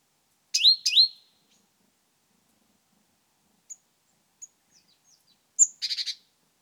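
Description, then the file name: Great tit calls, two sharp chirps, a few faint ticks, then a short buzzy churr near the end. "Parus major"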